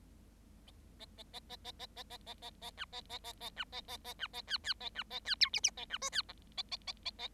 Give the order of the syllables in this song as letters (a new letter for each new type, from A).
A A A A A A A A A A A A B A A A A B A A A B A C C A B A C D E E A B F C G A A A A A